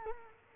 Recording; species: mosquito wingbeat signal from an infrared sensor; Culex quinquefasciatus